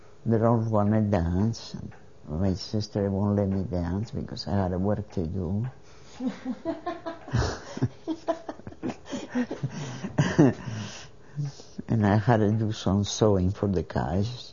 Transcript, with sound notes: They all wanted to dance. My sister won't let me dance because I had work to do. ( they laugh ) And I had to do some sewing for the guys.